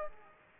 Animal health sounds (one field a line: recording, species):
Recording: mosquito wingbeat signal from an infrared sensor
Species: Aedes aegypti